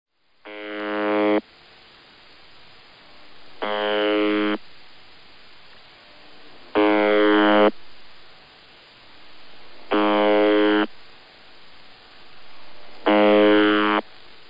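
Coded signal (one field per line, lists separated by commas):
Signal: channel marker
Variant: UVB-76 (The Buzzer)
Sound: five harsh, low, one-second buzzes repeating every three seconds or so over background hiss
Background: radio static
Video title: UVB-76 21/12/2023 Normal Channel Marker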